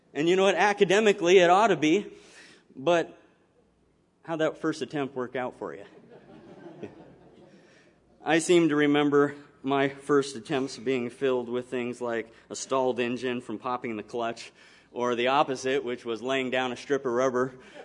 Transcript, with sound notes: And you know, academically, it ought to be, but how’d that first attempt work out for you? [audience laughs] I seem to remember my first attempts being filled with things like a stalled engine from popping the clutch, or the opposite which was laying down a strip of rubber.